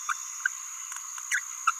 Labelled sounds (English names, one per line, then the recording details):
Green-rumped Parrotlet babbling
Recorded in a nest box in Venezuela
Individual 18B17A3